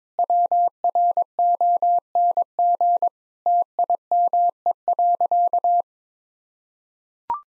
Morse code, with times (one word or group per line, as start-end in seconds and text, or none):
0.2-3.1 WRONG
3.5-5.8 TIME.